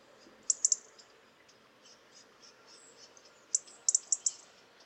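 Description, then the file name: European robin calls: sharp, very high ticks in a quick group of three, then a longer group of about five after a pause, with faint rustling background noise. "Erithacus rubecula"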